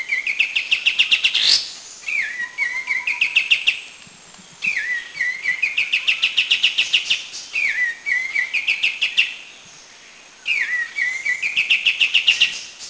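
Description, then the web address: Grey-cheeked bulbul calls in repeated phrases, each a lower sliding note followed by a quick series of bright chattering notes, recurring every few seconds. Krung Ching, Thailand. "Thailand Krung Ching 09 Grey-cheeked Bulbul"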